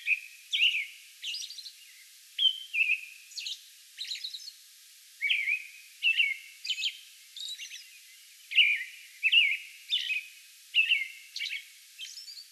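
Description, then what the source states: American robin song: clear, liquid whistled phrases delivered in quick clusters with short gaps, interspersed with high-pitched squeaky notes. Song bout recorded on May 11.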